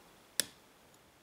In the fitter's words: segundo un clic